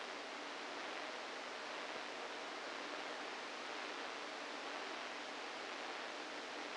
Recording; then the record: brain microelectrode recording played as sound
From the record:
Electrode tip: inside the subthalamic nucleus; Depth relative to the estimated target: -3 mm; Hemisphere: right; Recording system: NeuroSet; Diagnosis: Parkinson's disease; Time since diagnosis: 7 years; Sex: female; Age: 68 years